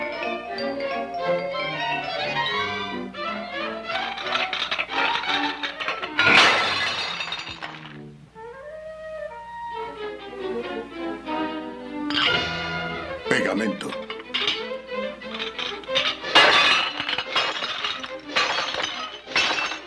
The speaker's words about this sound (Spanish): Rompiendo mis platos.